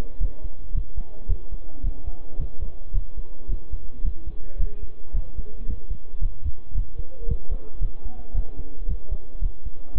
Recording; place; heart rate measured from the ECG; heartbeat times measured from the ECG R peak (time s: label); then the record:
heart sounds by stethoscope; between the tricuspid and mitral areas; 111 bpm
0.21 s: heartbeat
0.75 s: heartbeat
1.29 s: heartbeat
1.84 s: heartbeat
2.40 s: heartbeat
2.95 s: heartbeat
3.49 s: heartbeat
4.05 s: heartbeat
4.60 s: heartbeat
5.15 s: heartbeat
5.69 s: heartbeat
6.22 s: heartbeat
6.75 s: heartbeat
7.29 s: heartbeat
7.82 s: heartbeat
8.35 s: heartbeat
8.89 s: heartbeat
9.42 s: heartbeat
9.96 s: heartbeat
From the record:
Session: bicycle stress test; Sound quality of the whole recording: good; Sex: male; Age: 23 years